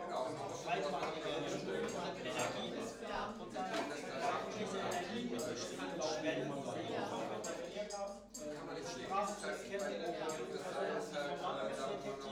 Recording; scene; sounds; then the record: everyday scene through a hearing-aid microphone; many people talking; many voices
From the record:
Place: bistro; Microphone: in the ear canal, right